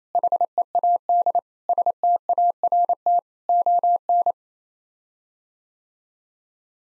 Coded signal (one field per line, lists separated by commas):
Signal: Morse code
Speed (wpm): 28 wpm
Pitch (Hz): 700 Hz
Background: none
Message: HEAD START ON